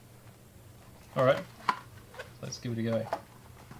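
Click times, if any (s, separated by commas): none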